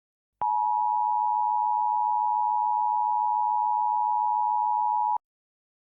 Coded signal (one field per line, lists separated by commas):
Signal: Emergency Alert System (SAME) tones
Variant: 853 and 960 Hz attention tone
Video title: EAS Scenario - "The Electrical Virus"